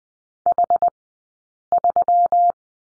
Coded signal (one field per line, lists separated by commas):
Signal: Morse code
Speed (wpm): 20 wpm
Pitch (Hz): 700 Hz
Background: none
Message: H3